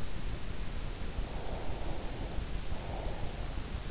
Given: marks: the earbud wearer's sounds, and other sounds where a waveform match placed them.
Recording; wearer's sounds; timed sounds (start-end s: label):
sounds in sleep by an in-ear microphone; breath
1.32-3.43 s: breath